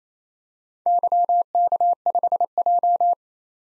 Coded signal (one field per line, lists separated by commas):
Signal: Morse code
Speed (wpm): 27 wpm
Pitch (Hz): 700 Hz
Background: none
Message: YK5J